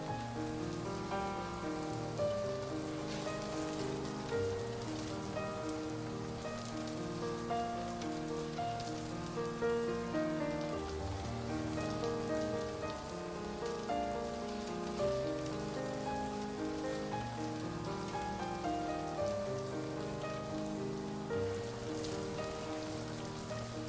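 Rain pours steadily under music, with a constant fine hiss of drops behind the notes. The music is slow and sustained, with held tones and low chords changing every second or so at an even loudness throughout.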